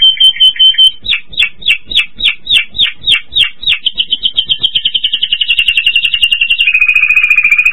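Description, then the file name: Spanish Timbrado canary song: a brief steady whistle, then a series of sharp repeated notes that speed up into a fast rolling trill, ending on a lower buzzy trill. "Golosa ptic - Ispanskaya pevchaya kanarejka Timbrados Spanich Timbrado Canary"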